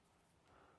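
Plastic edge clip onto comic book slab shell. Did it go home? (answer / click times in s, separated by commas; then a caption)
no / none. A plastic side clip is pushed onto the edge of a flexible plastic comic book slab shell to hold it closed; it is a friction fit that does not snap but works its way together. Only faint, steady handling noise is heard, growing slightly louder from about 0.5 s. Nothing has seated yet.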